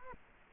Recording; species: mosquito wingbeat signal from an infrared sensor; Culex quinquefasciatus